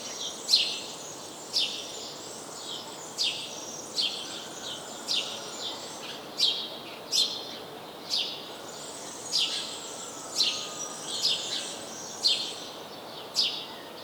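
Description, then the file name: House sparrow giving a long series of sharp chirps, over faint twittering. "Passer domesticus"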